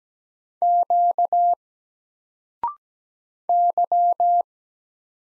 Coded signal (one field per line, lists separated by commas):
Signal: Morse code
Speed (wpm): 17 wpm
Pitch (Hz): 700 Hz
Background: none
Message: Q Y